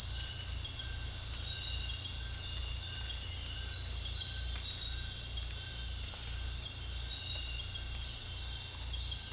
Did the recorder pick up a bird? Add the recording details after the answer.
no. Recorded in dense forest near Puerto Asís, Putumayo, Colombia, on 18 December 2024 at 18:30. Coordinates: 0.486, -76.317. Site G003